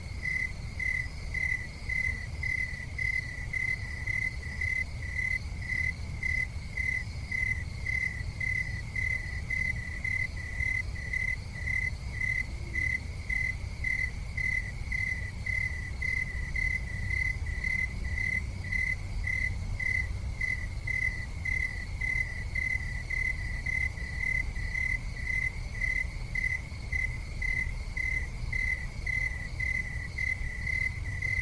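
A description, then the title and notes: Crickets chirp in a fast, steady, unbroken pulse with a bright high tone, over a low rumbling outdoor background that never changes. The Crickets Are Out.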